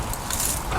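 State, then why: Not seated. The cutting head of an Evolution R210SMS+ mitre saw is lined up with the bevel neck and slid on by hand. Only a steady low rustle and broadband handling noise are heard, with no distinct click. Nothing has seated or clicked yet.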